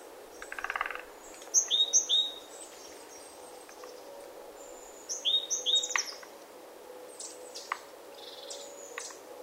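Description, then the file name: Great tit singing two bursts of repeated high-low whistled note pairs, separated by several seconds, with a brief buzzy sound and scattered chips around them. "Parus major"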